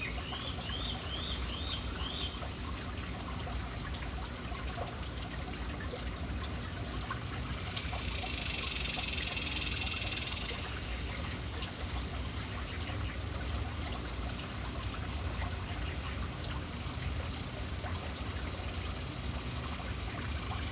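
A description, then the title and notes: Birds chirp around a city fountain over its steady, dense splashing water. A quick run of four chirps comes in the first couple of seconds, with a few faint high calls later. Around eight to ten seconds the spray swells into a louder, brighter hiss before settling back. Urban birds at fountain. Relaxing sounds of City Birds hanging around fountain.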